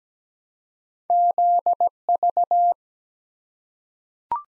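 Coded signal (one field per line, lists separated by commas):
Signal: Morse code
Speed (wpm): 17 wpm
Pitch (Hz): 700 Hz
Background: none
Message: ZV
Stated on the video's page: Morse code copy drill at 17 wpm of random two-character letter-number combinations, each sent in Morse, spoken, then sent again.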